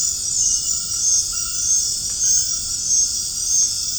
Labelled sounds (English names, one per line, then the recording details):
none
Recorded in dense forest near Puerto Asís, Putumayo, Colombia, on 25 June 2025 at 20:00
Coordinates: 0.481, -76.323
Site G072